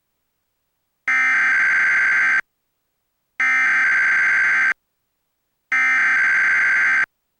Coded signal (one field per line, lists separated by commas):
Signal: Emergency Alert System (SAME) tones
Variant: header bursts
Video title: Portland Oregon/Vancouver Washington EAS: Required Monthly Test 11/11/19 10:15 AM PDT